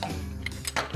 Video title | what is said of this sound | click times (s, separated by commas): Kofangerstativ - Effektiv fastgørelse af enhver kofanger | we have this little C hook here I'm going to drop it and lock it in place right | 0.5 s